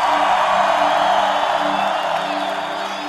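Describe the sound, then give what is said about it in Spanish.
A large crowd at a live worship concert in Peru shouts and cheers for joy to the King in one loud, unbroken roar of many voices, with scattered whoops, easing off only slightly toward the end. “levanta tu voz y dale un grito de júbilo esta noche al Rey.”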